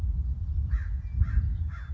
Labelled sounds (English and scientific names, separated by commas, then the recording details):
American Crow (Corvus brachyrhynchos)
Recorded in Sonoma County, California